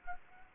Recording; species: mosquito wingbeat signal from an infrared sensor; Anopheles arabiensis